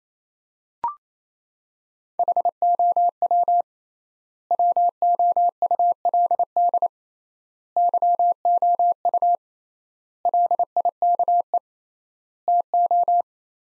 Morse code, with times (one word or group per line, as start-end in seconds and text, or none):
2.2-3.6 HOW
4.5-6.9 WOULD
7.8-9.4 YOU
10.2-11.6 LIKE
12.5-13.2 TO